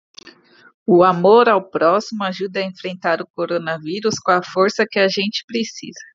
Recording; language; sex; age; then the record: spoken sentence; Brazilian Portuguese; female; 30 to 39 years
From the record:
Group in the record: control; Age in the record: 30 years